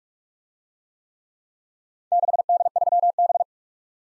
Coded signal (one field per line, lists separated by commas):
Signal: Morse code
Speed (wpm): 45 wpm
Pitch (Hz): 700 Hz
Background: none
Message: 6D3B